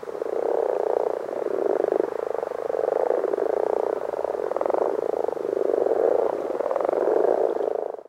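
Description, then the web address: Common frogs croaking in a continuous low purring chorus of overlapping rapid pulses, steady throughout. "rufe Rana temporaria Karl-Heinz Frommolt tierstimmenarchiv"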